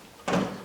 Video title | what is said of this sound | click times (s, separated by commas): Vevor Rolling Tool Cart. Full Assembly and Review Video. | and then they kind of lock into place. | 0.3 s